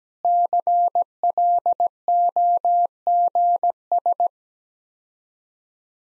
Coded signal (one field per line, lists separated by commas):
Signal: Morse code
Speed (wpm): 17 wpm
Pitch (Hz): 700 Hz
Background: none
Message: CLOGS